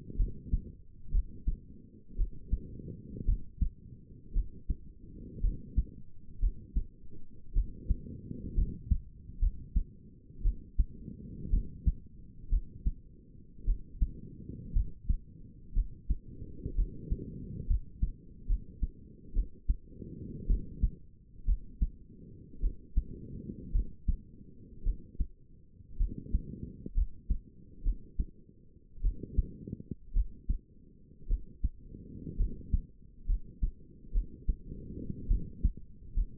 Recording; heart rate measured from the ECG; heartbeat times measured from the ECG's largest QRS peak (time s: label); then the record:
heart sounds by stethoscope; 58 bpm
0.17 s: heartbeat
1.12 s: heartbeat
2.17 s: heartbeat
3.26 s: heartbeat
4.34 s: heartbeat
5.42 s: heartbeat
6.40 s: heartbeat
7.54 s: heartbeat
8.55 s: heartbeat
9.40 s: heartbeat
10.43 s: heartbeat
11.51 s: heartbeat
12.50 s: heartbeat
13.65 s: heartbeat
14.74 s: heartbeat
15.74 s: heartbeat
16.76 s: heartbeat
17.68 s: heartbeat
18.48 s: heartbeat
19.34 s: heartbeat
20.47 s: heartbeat
21.46 s: heartbeat
22.61 s: heartbeat
23.73 s: heartbeat
24.84 s: heartbeat
25.98 s: heartbeat
26.95 s: heartbeat
27.84 s: heartbeat
29.02 s: heartbeat
30.14 s: heartbeat
31.28 s: heartbeat
32.38 s: heartbeat
33.27 s: heartbeat
34.13 s: heartbeat
35.28 s: heartbeat
36.15 s: heartbeat
From the record:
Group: healthy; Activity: cold pressor test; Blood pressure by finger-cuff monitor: 111/69 mmHg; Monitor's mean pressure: 84 mmHg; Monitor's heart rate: 56 bpm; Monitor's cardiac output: 5.1 L/min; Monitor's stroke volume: 89 mL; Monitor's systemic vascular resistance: 1190 dyn s/cm5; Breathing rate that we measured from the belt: 20 breaths a minute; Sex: female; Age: 28 years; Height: 170 cm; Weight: 77 kg